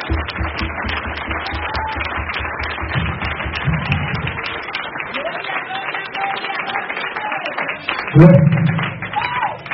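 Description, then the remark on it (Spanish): An audience applauds the Lord at a night worship service with dense, steady clapping that fills the whole stretch, voices calling out underneath and a louder swell near the end. “Denle ese aplauso al Señor.”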